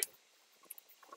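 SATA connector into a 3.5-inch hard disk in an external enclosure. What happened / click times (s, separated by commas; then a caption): The connector clicked into its socket / 0.0 s. The SATA data and power connectors from an external enclosure's board are pushed onto the plastic sockets of a 3.5-inch hard disk, giving a sharp, bright click at 0.0 s as the connector seats. A few faint, small ticks and rustles follow between about 0.6 and 1.2 s.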